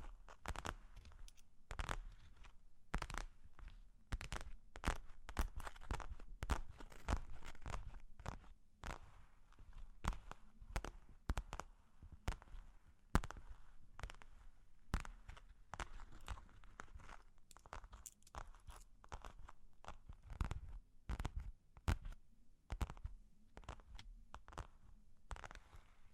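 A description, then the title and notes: Long claws tap and scratch in quick, irregular clicks throughout, sharp bright ticks scattered densely with brief pauses over a low, steady hum. Long Claws Tapping and Scratching (No Talking).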